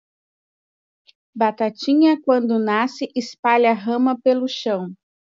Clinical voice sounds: short text; Brazilian Portuguese; female; 40 to 49 years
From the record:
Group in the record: control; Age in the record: 48 years

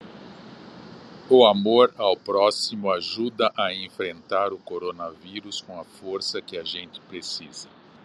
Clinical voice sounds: spoken sentence; Brazilian Portuguese; male; 70 to 79 years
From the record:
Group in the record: control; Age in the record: 70 years

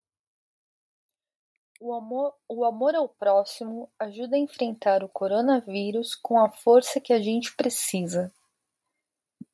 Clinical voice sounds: spoken sentence; Brazilian Portuguese; female; 30 to 39 years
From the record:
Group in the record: control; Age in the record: 33 years

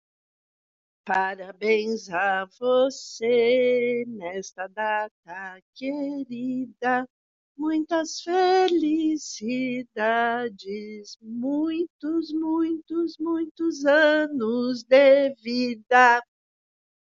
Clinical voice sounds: short text; Brazilian Portuguese; female; 60 to 69 years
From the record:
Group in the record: control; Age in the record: 63 years

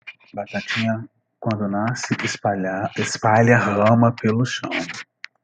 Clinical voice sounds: short text; Brazilian Portuguese; male; 50 to 59 years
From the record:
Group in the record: control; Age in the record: 53 years

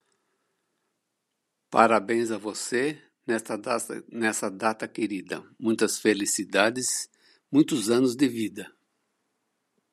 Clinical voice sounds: short text; Brazilian Portuguese; male; 70 to 79 years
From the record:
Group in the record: control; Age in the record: 73 years

